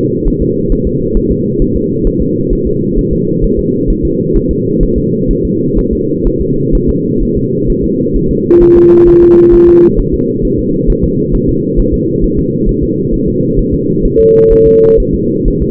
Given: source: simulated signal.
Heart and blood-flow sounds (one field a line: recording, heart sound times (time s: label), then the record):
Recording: fetal heart sounds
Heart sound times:
0.28 s: S1
0.42 s: S2
0.72 s: S1
0.87 s: S2
1.17 s: S1
1.32 s: S2
1.62 s: S1
1.76 s: S2
2.07 s: S1
2.22 s: S2
2.53 s: S1
2.67 s: S2
2.98 s: S1
3.13 s: S2
3.44 s: S1
3.59 s: S2
3.90 s: S1
4.05 s: S2
4.37 s: S1
4.51 s: S2
4.83 s: S1
4.98 s: S2
5.31 s: S1
5.45 s: S2
5.79 s: S1
5.93 s: S2
6.27 s: S1
6.41 s: S2
6.75 s: S1
6.90 s: S2
7.23 s: S1
7.37 s: S2
7.70 s: S1
7.84 s: S2
8.16 s: S1
8.31 s: S2
8.63 s: S1
8.77 s: S2
9.09 s: S1
9.23 s: S2
9.54 s: S1
9.69 s: S2
10.00 s: S1
10.14 s: S2
10.45 s: S1
10.59 s: S2
10.90 s: S1
11.04 s: S2
11.35 s: S1
11.49 s: S2
11.79 s: S1
11.94 s: S2
12.24 s: S1
12.39 s: S2
12.69 s: S1
12.83 s: S2
13.14 s: S1
13.28 s: S2
13.59 s: S1
13.74 s: S2
14.05 s: S1
14.20 s: S2
14.52 s: S1
14.67 s: S2
15.00 s: S1
15.14 s: S2
15.48 s: S1
15.63 s: S2
From the record:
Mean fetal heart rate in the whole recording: 130 bpm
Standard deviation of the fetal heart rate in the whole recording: 4 bpm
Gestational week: 38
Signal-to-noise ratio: -11.2 dB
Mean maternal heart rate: 72 bpm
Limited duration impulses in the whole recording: present